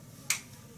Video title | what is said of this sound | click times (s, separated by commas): SeaLife Micro 2.0 Demonstration | we do offer a 10 x adapter ring that just goes up on the front of the camera clicks into place | 0.3 s